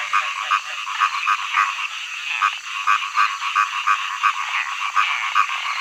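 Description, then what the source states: Frogs croaking, repeated short pulsed croaks at an uneven rhythm over a steady, dense background chorus. Frog songs in early summer.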